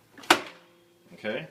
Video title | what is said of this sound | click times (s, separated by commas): Juice For Life Video 1 | it lets the uh the juice come out here so we lock that in place | 0.3 s